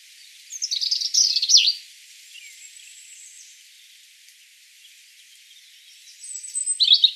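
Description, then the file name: European robin song: a bright high warbled phrase, a quiet stretch with faint high notes, then another loud phrase, over a soft hiss. "Erithacus rubecula 240702"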